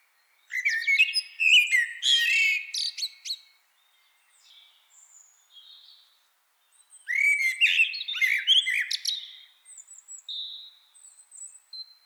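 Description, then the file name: Common blackbird singing two long phrases of mellow fluted warbling mixed with shrill high twitters, with soft quiet notes in the pause between them. "Turdus merula"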